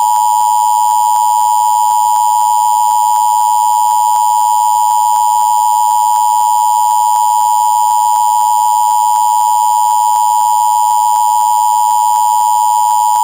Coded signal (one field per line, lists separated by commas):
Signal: Emergency Alert System (SAME) tones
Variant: 853 and 960 Hz attention tone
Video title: EAS severe thunderstorm warning: Hendricks, Morgan IN